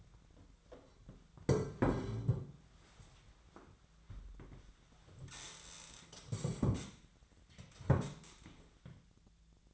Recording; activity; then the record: daily activity, microphone in the room; sit down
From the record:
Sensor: 3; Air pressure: 1008.1 hPa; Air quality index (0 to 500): 193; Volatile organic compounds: 14 ppm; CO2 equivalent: 2474 ppm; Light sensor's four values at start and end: 14/33/14/14 and 13/31/13/14